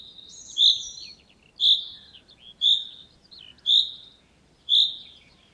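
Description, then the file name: Common chaffinch call notes, short and sharp, repeated five times at an even pace. "Fringilla coelebs"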